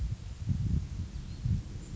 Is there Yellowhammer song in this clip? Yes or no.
no